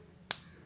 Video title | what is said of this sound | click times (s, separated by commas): NEW Maybelline Ultimatte Slim Lipstick Review & Lip Swatches | and the cap also double locks | 0.3 s